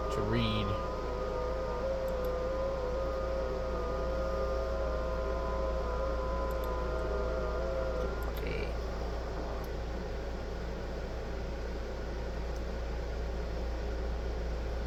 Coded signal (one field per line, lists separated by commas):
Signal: FT8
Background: speech